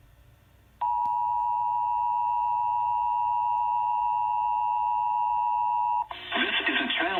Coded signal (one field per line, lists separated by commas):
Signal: Emergency Alert System (SAME) tones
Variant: 853 and 960 Hz attention tone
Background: speech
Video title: NOAA Radio (EAS # 287-288) 2 CAE’s